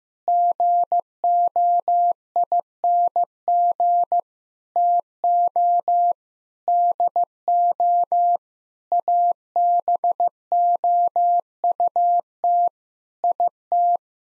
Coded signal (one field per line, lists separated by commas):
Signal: Morse code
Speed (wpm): 15 wpm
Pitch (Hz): 700 Hz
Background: none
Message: GOING TO DO ABOUT IT